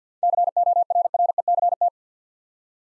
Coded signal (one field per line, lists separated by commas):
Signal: Morse code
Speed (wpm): 47 wpm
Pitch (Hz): 700 Hz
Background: none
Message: CORRECT